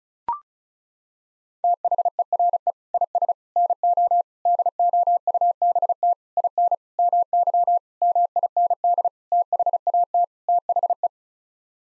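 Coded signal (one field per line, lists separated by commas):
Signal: Morse code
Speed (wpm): 36 wpm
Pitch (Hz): 700 Hz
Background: none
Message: THERE IS NO DOUBT IN MY MIND THAT THE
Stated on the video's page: Morse head-copy practice at 35 wpm: sets of nine common words sent, spoken, then sent again.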